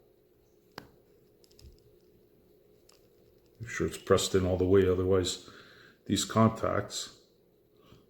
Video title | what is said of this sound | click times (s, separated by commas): Vuse ePod / Vuse Alto Pod Hack the Best way | Put the steel cap back on. You'll hear the snap. | 0.8 s